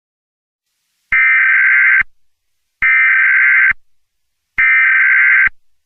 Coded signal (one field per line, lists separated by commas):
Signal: Emergency Alert System (SAME) tones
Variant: header bursts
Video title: "The 2nd U.S. Civil War" - An EAS Scenario (#12) (Inspired by @YP_Studio-z7v)